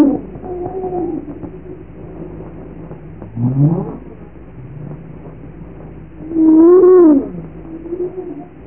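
Humpback whale song units: low moaning tones, a rising swoop, then a loud harmonic upsweep that arches and falls, with softer moans between.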